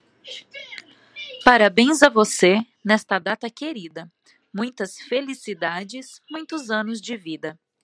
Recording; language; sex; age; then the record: short text; Brazilian Portuguese; female; 30 to 39 years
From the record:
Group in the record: control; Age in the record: 36 years